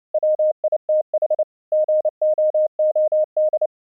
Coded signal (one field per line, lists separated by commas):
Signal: Morse code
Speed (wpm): 29 wpm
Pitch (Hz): 620 Hz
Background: none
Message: WITH GOOD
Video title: Low Latency Audio Streaming using the FREE AUDIO SERVER from StreamYourAudio.Com, Morse code example